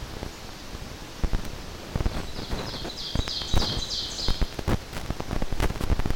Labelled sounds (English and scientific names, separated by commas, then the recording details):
Ovenbird (Seiurus aurocapilla) song
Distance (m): 45 m
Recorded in boreal forest in Alberta, Canada, on 12 June 2016 at 07:14
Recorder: SongMeter 3, array SBT-3-18
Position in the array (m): 121 m, 108 m
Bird 29